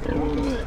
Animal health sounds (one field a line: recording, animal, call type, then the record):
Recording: contact call of a hoofed animal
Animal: wild boar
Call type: grunt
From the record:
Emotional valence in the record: negative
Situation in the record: naturally occurring agonistic interactions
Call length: 0.67 s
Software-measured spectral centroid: 1550 Hz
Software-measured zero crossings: 930 a second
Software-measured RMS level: -24 dBFS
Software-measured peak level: -12 dBFS